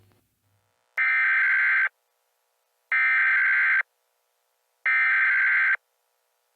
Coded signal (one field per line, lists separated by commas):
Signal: Emergency Alert System (SAME) tones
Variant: header bursts